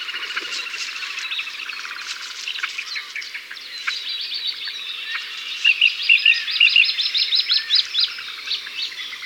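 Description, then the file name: Birds singing together, a busy chorus of high chirps, trills and twittering phrases that grows livelier and louder in the second half. Bird ambience. "Pet Rock Birds"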